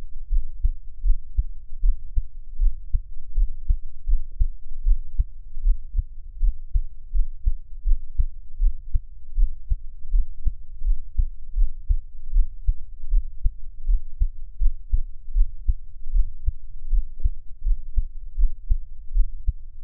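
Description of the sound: Soft, low thumping heartbeats repeat steadily at about 78 beats a minute over a faint low hum. It is an adult's own heartbeat, heard up close for ASMR listening, with no talking.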